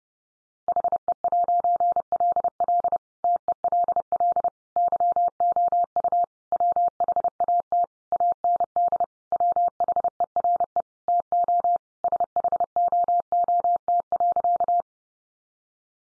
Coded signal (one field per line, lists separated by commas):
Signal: Morse code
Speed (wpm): 30 wpm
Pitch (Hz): 700 Hz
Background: none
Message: HE'LL TELL YOU WHAT AND WHERE TO SHOOT.